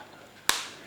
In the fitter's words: and they should come together with that satisfying click and be slightly difficult to pull apart